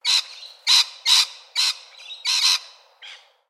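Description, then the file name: Lorikeets giving harsh, shrill screeching squawks in quick bursts, several loud calls within a few seconds, the last one softer. "BIRD LORRIKEETS"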